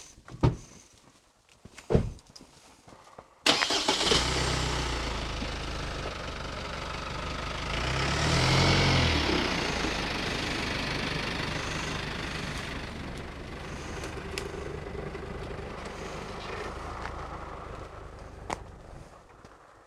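A car engine starts up after a few sharp clicks and thumps, then runs steadily with a low rumble that swells briefly before settling into an even idle. No one speaks.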